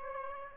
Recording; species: mosquito wingbeat signal from an infrared sensor; Aedes aegypti